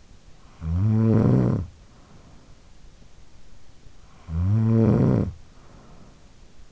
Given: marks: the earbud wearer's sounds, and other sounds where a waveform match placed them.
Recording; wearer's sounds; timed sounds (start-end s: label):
sounds in sleep by an in-ear microphone; snoring breath
0.03-3.13 s: snoring breath
3.93-6.65 s: snoring breath